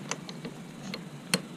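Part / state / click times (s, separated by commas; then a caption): torque wrench on a cylinder head nut of a 180cc scooter engine / torque reached / 1.3 s. A torque wrench tightens a cylinder head nut on a 180cc scooter engine top end. Several faint ratchet ticks at 0.1, 0.3, 0.5 and 0.9 s lead to one sharp, loud click at 1.3 s, when the wrench breaks over at its set torque.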